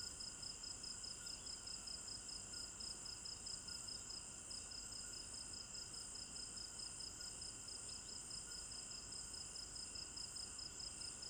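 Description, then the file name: Many crickets chirping together, a high rhythmic pulsing over a continuous buzzing insect background without pause. Recorded at night in a village garden in Africa; binaural stereo recording. "African-Village Garden Night Crickets 02 Stereo-Binaural"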